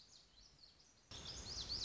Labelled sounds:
Lazuli Bunting (Passerina amoena)
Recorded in Sonoma County, California

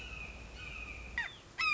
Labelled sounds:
Red-shouldered Hawk (Buteo lineatus)
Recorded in Sonoma County, California

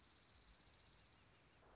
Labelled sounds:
Dark-eyed Junco (Junco hyemalis)
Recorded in Sonoma County, California

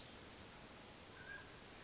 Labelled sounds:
Mountain Quail (Oreortyx pictus)
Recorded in Sonoma County, California

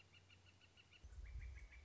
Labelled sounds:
Northern Flicker (Colaptes auratus)
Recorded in Sonoma County, California

